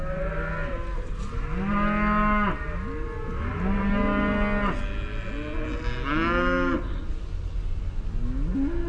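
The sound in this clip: Cow mooing, several long, drawn-out harmonic moos, some rising and falling in pitch.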